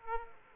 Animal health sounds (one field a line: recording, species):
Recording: mosquito wingbeat signal from an infrared sensor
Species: Aedes aegypti